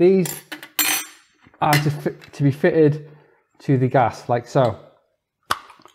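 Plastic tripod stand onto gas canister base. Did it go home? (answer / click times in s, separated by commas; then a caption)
yes / 5.5 s. A folding plastic tripod stand for a Jetboil Zip stove is pushed onto the base of a gas canister while someone talks. A sharp click at 5.5 s marks the stand seating securely on the canister, followed by a few faint knocks.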